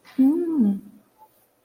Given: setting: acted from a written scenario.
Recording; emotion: vocal sound without words; realization